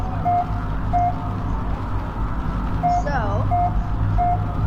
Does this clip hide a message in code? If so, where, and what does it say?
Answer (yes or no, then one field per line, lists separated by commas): no